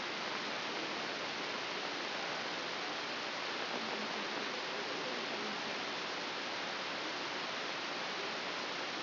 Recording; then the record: brain microelectrode recording played as sound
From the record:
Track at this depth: inside the subthalamic nucleus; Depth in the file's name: 2.234 mm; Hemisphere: left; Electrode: 3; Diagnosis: Parkinson's disease